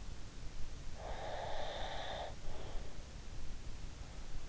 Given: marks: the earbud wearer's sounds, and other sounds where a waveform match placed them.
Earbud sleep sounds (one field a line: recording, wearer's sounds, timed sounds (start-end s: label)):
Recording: sounds in sleep by an in-ear microphone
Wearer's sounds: breath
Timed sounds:
1.02-3.03 s: breath